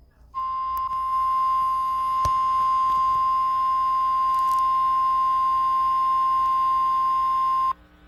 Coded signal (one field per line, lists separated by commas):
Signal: Emergency Alert System (SAME) tones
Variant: 1050 Hz attention tone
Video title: eas svr Eas#286